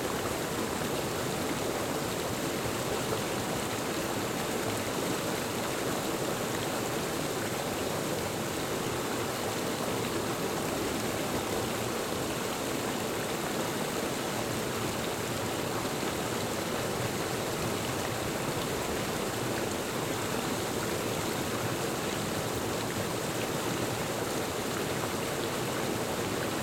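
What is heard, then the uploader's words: A creek flows at medium strength, a steady, dense rush of water that holds evenly for the whole stretch. The sound is full, with a bright hiss riding over a softer churning body and no distinct splashes standing out. Flowing water - creek - medium strength.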